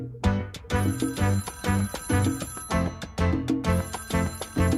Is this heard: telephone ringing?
yes